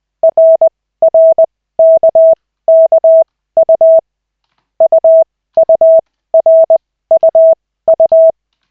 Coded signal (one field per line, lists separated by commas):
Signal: Morse code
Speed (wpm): 20 wpm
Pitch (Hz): 650 Hz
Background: none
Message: RRKKU UURUU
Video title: Koch 3/40, 16.12.2024, 2nd CW practice session